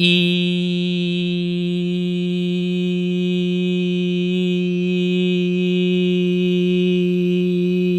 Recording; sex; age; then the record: sustained vowel /i/; male; 30 to 39 years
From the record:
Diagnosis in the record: healthy control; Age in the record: 34 years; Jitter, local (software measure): 0.14%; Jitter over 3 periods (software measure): 0.09%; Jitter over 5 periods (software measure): 0.11%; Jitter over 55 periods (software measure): 0.32%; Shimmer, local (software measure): 2.2%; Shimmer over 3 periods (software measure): 1.2%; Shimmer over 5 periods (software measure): 1.2%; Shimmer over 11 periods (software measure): 1.6%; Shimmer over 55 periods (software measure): 2.8%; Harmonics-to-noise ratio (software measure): 28.3 dB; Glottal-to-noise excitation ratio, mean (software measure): 0.92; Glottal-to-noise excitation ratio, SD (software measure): 0.030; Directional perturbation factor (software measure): 53.0%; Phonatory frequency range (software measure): 0.06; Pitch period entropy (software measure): 0.14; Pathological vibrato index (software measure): 0.34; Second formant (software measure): 2700 Hz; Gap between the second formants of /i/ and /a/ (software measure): 1293 Hz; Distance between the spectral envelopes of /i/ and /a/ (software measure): 8.5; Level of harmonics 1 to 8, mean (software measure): -2.8, -7.4, -28.4, -41.0, -53.8, -45.6, -48.3, -47.4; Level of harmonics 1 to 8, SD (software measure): 0.9, 2.4, 1.7, 1.9, 7.1, 2.2, 2.6, 2.7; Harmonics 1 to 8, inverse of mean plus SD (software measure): 0.276, 0.102, 0.033, 0.023, 0.016, 0.021, 0.020, 0.020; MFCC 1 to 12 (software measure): -6.2, 23.0, -7.6, -9.5, -11.2, -21.8, -0.3, -9.9, -8.4, -0.9, -11.7, -4.0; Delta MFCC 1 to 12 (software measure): 0.006, -0.001, 0.007, -0.010, -0.006, -0.011, 0.007, 0.004, -0.004, 0.001, 0.006, 0.000